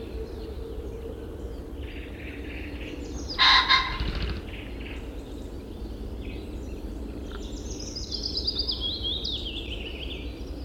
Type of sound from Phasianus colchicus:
call